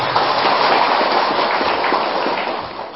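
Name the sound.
audience applause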